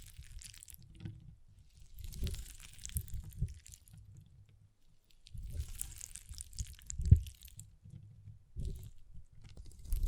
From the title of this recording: Soothing & Deep Water Beads Sounds